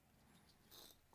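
A plywood piece of an Ugears Dream Cabriolet VM-05 mechanical wooden model car is pressed into its slot. Over a quiet low background, a brief broadband scraping rub rises around 0.7–0.9 s, followed by a faint soft tap near 1.1 s. The piece fails to go in, and nothing has seated or clicked yet.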